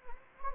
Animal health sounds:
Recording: mosquito wingbeat signal from an infrared sensor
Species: Anopheles gambiae

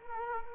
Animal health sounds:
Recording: mosquito wingbeat signal from an infrared sensor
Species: Culex quinquefasciatus

